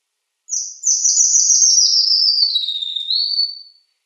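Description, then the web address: Red avadavat song, a continuous high twittering phrase of rapid thin notes gently descending in pitch, closing with a clear sustained whistle. "Schulze Peter Red Avadavat"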